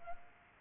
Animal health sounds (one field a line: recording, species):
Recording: mosquito wingbeat signal from an infrared sensor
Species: Culex quinquefasciatus